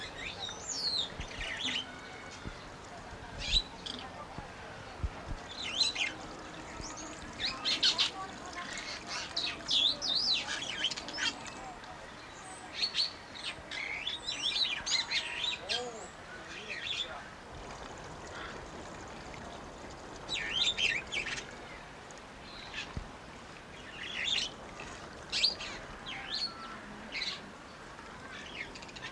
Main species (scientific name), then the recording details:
Lamprotornis superbus. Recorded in captivity. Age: adult. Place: Zoo Berlin, Berlin, DE. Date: 1992-08-22 11:35. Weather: heiter, 17-20°C. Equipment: Marantz CP 430, Sennheiser ME 80, Kopie Tesla B 116. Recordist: Tembrock, Günter. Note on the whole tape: Gesang, Abstand ca. 3 m